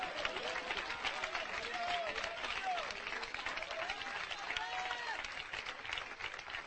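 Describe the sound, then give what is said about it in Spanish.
A church audience claps steadily during a sermon in a dense, continuous wash of applause lasting the whole stretch, with faint voices rising in short tonal calls above the clapping. “Mire, oiga esos aplausos.”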